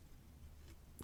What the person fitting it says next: There you go. You hear that click?